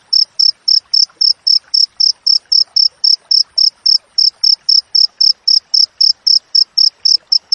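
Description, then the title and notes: Cricket producing rapid, evenly timed high-pitched chirps, one after another without pause, with light background hiss. Wild crickets with clear, closely spaced chirps, used for training songbirds and to repel rats. "Masteran Jangkrik Alam Jernih, Jeda Rapat Cocok Untuk Masteran Burung Dan Mengusir Tikus. suara jangkrik"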